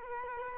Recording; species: mosquito wingbeat signal from an infrared sensor; Culex quinquefasciatus